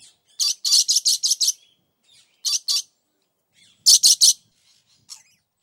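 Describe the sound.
Dusky lory giving harsh, grating screeches in bursts: a fast run of six, then a pair, then three, and a faint final note.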